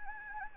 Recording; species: mosquito wingbeat signal from an infrared sensor; Anopheles gambiae